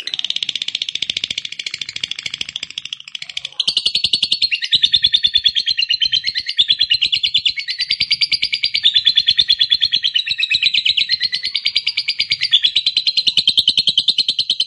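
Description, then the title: Lovebird song, long sustained buzzy chatter of rapid pulsed notes, with brief changes in pitch and loudness, never stopping. Lovebird said to be lazy to sing, becoming eager and singing spontaneously, immediately 'narik' (long continuous song). "LOVEBIRD Malas Bunyi JADI GREGET SPONTAN Langsung NARIK"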